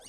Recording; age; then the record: pig call; piglet (1 to 25 days)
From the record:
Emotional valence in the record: negative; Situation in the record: short isolation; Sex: female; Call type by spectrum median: high-frequency call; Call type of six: low-frequency tonal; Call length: 0.09 s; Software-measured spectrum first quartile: 2037 Hz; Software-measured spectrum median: 5098 Hz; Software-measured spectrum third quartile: 6916 Hz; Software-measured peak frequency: 5589 Hz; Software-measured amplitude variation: 55 dB a second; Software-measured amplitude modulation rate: 11.0 a second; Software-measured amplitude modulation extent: 5.0 dB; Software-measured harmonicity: 3.9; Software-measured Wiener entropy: -2.58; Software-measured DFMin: 730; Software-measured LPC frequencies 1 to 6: 651, 1743, 2833, 3571, 4546, 5580 Hz